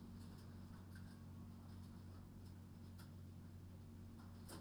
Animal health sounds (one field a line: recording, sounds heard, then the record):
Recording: poultry house recording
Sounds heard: no chicken sound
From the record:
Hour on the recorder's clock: 23